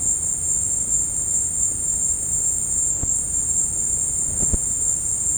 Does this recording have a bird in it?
no